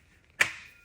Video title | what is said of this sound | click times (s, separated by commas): 2021 Bullet Premier 30RI (5276) | You'll hear it click like that, and that'll lock it in place. | 0.4 s